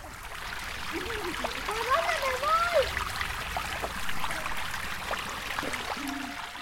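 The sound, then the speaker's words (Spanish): River water trickles and burbles in a steady, even wash, with a few brief high whistling chirps rising over the flow partway through. “Aquí hay muchos ríos, el Atepatagua, Pata de Perro, Atepoliwi, las brisas.”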